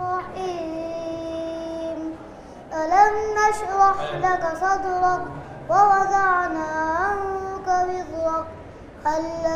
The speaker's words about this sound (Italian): A un comando dell'insegnante, i bambini a turno si inginocchiano per recitare versi del Corano a memoria e in arabo. La cantilena è accompagnata da un movimento ciondolante del busto e della testa.